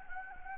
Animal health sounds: mosquito wingbeat signal from an infrared sensor; Anopheles gambiae

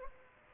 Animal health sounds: mosquito wingbeat signal from an infrared sensor; Aedes aegypti

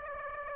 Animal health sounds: mosquito wingbeat signal from an infrared sensor; Aedes aegypti

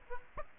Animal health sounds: mosquito wingbeat signal from an infrared sensor; Aedes aegypti

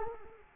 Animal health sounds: mosquito wingbeat signal from an infrared sensor; Culex quinquefasciatus

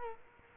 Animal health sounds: mosquito wingbeat signal from an infrared sensor; Culex quinquefasciatus

